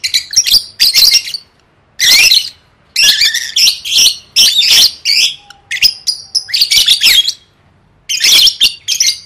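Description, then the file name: Lovebird uttering rasping squawks in clustered bursts, with a few clear high whistles in between and quiet gaps. "tieng vet mau don"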